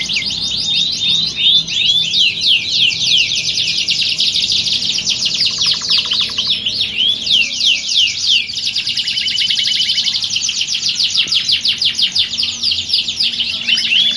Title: Canto Para Esquentar Canário Belga. Simulasi Lomba Kenari. Suara Kenari Lomba. Melatih Mental Kenari Juara